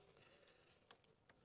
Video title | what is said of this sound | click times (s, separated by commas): Don’t Arc Around with MC4 Connectors - Solar Panel Installation | I heard a click again. | 1.0 s